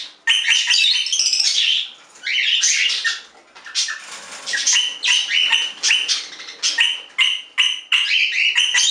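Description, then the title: Budgerigar chatter: loud, fast, scratchy warbling with squeaky chirps and clicks, nearly continuous, broken into quick choppy phrases toward the end. "Budgie Sounds"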